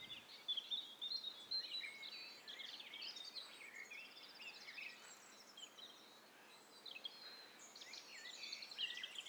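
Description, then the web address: Birds: a dense chorus of many overlapping chirps, trills and whistles from several species, layered over a steady background hiss. Stereo mix of several birds calling at once. "Hi Fi STEREO BIRD COCKTAIL PARTY"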